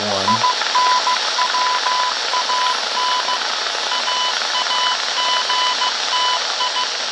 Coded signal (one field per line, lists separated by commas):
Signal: Morse code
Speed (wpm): 15 wpm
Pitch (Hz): 1000 Hz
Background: none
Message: INWAN AAGTI